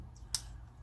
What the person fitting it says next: clicks right in